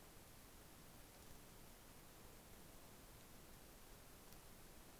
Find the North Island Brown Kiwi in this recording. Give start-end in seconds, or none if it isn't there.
none